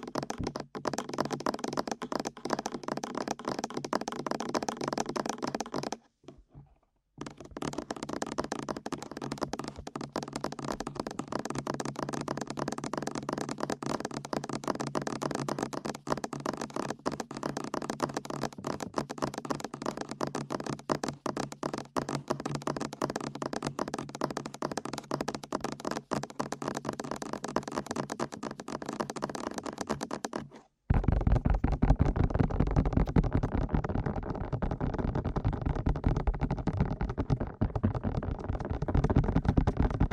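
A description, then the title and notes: Fast ear tapping runs as a dense, rapid stream of soft taps, broken by a brief silence around six seconds. At about thirty-one seconds it cuts out, then resumes with a deeper, fuller, more muffled tone through to the end. ASMR Fast Ear Tapping (No Talking).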